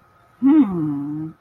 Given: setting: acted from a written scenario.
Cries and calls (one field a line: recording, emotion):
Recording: vocal sound without words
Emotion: confusion